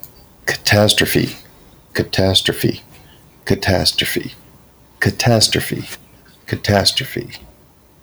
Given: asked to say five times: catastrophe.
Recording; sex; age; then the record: repeated word; male; 50 to 59 years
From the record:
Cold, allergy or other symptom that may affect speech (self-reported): no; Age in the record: 56 years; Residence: Ohio, United States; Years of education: 13